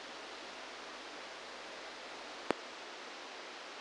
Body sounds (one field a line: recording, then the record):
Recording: brain microelectrode recording played as sound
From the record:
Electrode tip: outside the subthalamic nucleus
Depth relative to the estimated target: -4 mm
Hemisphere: left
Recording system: NeuroSet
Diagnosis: Parkinson's disease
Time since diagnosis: 10 years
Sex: male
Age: 63 years